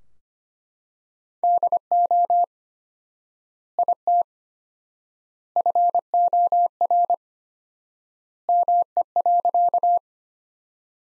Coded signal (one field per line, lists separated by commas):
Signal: Morse code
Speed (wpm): 25 wpm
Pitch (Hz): 700 Hz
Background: none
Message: DO IT FOR ME.